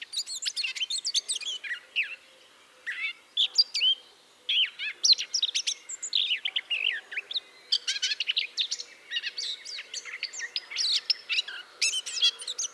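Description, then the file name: Eurasian blackcap producing bursts of quick, scratchy twittering and clear whistled notes, separated by a few short pauses. "Sylvia atricapilla"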